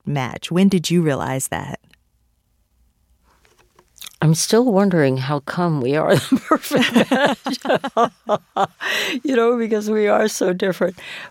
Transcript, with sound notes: When did you realize that?
I'm still wondering how come we are the perfect...
(LAUGHTER)
...Match, you know, because we are so different.